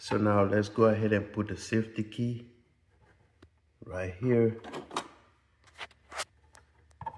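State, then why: Seated. A plastic safety key is pressed down into its socket on a Power Smart cordless lawn mower while someone talks. A sharp snap is heard at 7.0 seconds as the key seats in place, which lets the machine start.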